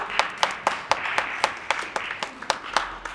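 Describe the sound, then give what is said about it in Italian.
Applause breaks out to welcome arriving guests, with sharp, evenly spaced claps about four per second standing out over a softer, continuous wash of clapping from a group. “Mi dici, loro sono i ragazzi che aspettavamo, ok? Applauso.”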